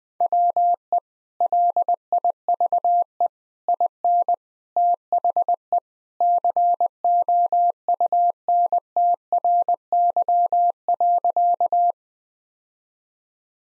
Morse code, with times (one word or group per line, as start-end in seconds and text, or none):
0.2-1.0 WE
1.4-3.3 LIVE
3.7-4.3 IN
4.8-5.8 THE
6.2-11.9 COUNTRY.